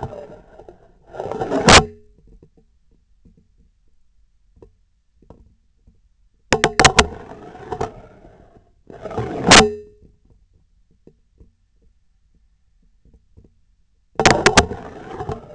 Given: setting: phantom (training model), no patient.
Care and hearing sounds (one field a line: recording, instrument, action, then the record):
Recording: laparoscopic instrument, vibration sensor on the handle end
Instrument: scissors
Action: insertion and removal through the trocar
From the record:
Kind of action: spatial motion